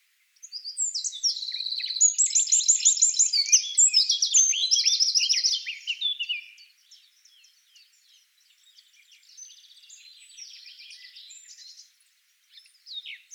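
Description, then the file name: Eurasian wren song, a loud burst of quick high trills and chatters lasting about five seconds, followed by a quieter rattling phrase and a short final note. "Troglodytes troglodytes"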